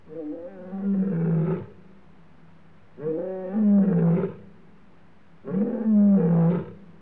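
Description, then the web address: Lion giving three long, deep, moaning roars, each swelling in two stages and spaced roughly two and a half seconds apart. Male lion roaring, Africa. "BBC Sound Effects Library. Africa. Lions, Male Lion Roaring"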